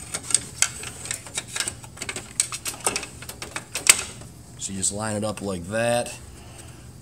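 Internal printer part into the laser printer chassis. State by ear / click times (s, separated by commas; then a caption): not seated / none. A swing plate for an HP LaserJet 4200/4240/4250/4300/4350 printer is lined up on its alignment holes to go back into the laser printer chassis. Sharp handling taps and knocks are heard through the first four seconds while someone talks. The clip ends before the part is pushed home, so nothing has seated or locked into place yet.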